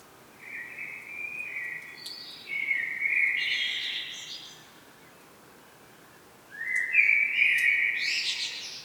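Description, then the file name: Common blackbird song: low fluted warbling phrases rising into thin high twittering flourishes, a second phrase starting after a short silence. "Turdus merula"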